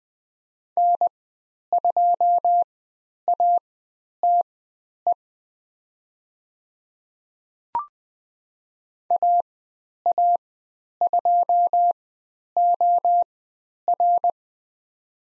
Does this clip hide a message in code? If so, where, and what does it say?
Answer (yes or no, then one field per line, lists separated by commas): yes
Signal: Morse code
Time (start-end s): 0.8-14.3 s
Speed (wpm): 20 wpm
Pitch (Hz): 700 Hz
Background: none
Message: N2ATE AA2OR